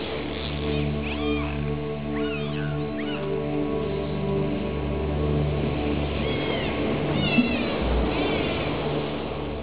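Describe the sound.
Dolphin whistles: looping, rising and falling tones in two bursts, early and late, over a steady low engine-like hum.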